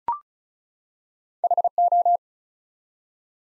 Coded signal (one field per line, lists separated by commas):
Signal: Morse code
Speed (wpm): 36 wpm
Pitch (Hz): 700 Hz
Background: none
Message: HO